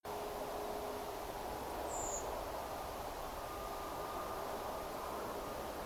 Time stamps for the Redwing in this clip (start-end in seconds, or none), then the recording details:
1.87-2.23. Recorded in France